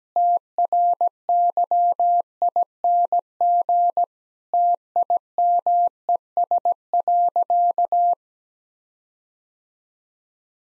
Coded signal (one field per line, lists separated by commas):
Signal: Morse code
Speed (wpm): 17 wpm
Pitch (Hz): 700 Hz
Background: none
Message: TRYING TIMES.